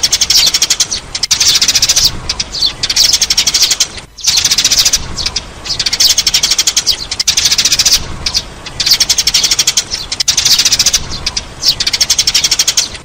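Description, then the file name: Sparrow chirping almost continuously, with quick trains of shrill, high notes broken by brief pauses. "Tieng se"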